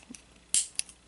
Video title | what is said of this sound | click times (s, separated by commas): Wave 2 Unboxing Loyal Subjects Transformers | Okay, so this just pops right in. | 0.5 s